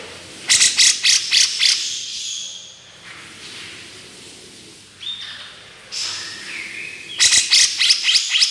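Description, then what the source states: Grey-cheeked bulbul: brisk bursts of rapid clicking chirps, short whistled notes near the middle, then more chirping bursts. Female bird.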